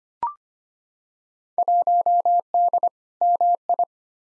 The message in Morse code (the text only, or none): 1D MI